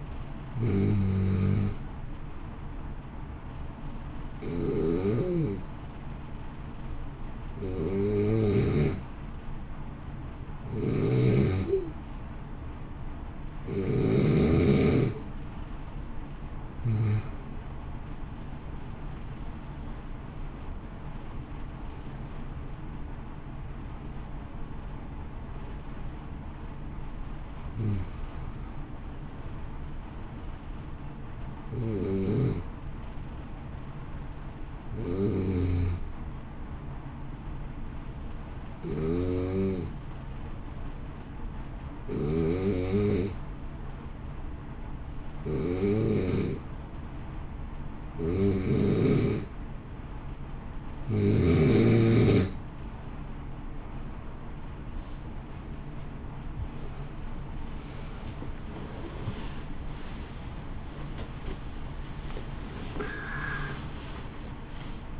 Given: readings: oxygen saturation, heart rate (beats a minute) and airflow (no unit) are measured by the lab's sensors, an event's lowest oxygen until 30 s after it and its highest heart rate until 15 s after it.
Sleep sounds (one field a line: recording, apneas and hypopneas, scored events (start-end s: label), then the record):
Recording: breathing in sleep by a smartphone at the bedside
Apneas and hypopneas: 2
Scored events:
8.00-22.90 s: hypopnea (N2, oxygen 93% highest, then 89% lowest, heart rate 57 at the start, 66 highest)
16.00-46.00 s: new sleep stage, N1 (lightest sleep)
36.00-53.30 s: hypopnea (N1, oxygen 94% highest, then 87% lowest, heart rate 55 at the start, 70 highest)
46.00-65.20 s: new sleep stage, N2 (light sleep)
From the record:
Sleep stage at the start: N2 (light sleep)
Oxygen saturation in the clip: 87 to 94%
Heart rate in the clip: 55 to 70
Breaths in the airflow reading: 21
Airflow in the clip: -0.7 to 0.8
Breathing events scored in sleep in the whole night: 328 in 6.3 hours asleep